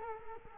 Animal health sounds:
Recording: mosquito wingbeat signal from an infrared sensor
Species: Culex quinquefasciatus

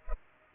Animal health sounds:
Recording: mosquito wingbeat signal from an infrared sensor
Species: Culex pipiens

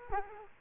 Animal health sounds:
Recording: mosquito wingbeat signal from an infrared sensor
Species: Culex quinquefasciatus

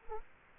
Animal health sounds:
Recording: mosquito wingbeat signal from an infrared sensor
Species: Culex quinquefasciatus

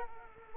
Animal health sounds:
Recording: mosquito wingbeat signal from an infrared sensor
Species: Culex quinquefasciatus

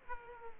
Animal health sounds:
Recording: mosquito wingbeat signal from an infrared sensor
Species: Aedes aegypti

